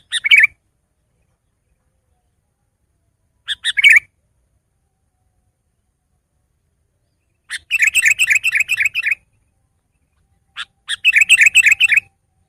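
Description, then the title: Sooty-headed bulbul song: short bubbly chirping phrases, the later two stretched into longer rapid chattering runs, with quiet gaps between. "kutilang"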